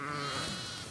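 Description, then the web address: Sheep bleat, a single short wavering call of about one second. "Hoerstationen Schafe"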